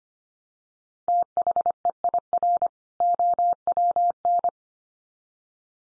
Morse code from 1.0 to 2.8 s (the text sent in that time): THEIR